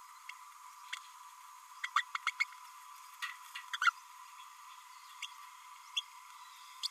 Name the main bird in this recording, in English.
Green-rumped Parrotlet